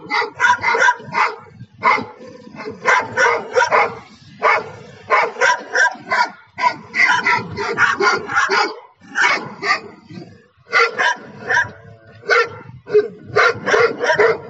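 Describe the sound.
Dogs barking in rapid bursts of sharp barks with brief pauses, continuing throughout.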